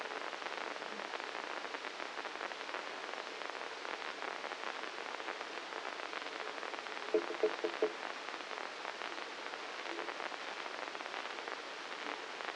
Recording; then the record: brain microelectrode recording played as sound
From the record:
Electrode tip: inside the subthalamic nucleus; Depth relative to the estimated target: 0 mm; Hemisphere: left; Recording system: NeuroSet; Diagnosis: Parkinson's disease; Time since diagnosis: 9 years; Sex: male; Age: 56 years